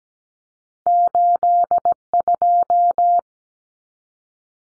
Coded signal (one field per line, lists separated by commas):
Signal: Morse code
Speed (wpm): 17 wpm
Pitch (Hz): 700 Hz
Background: none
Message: 82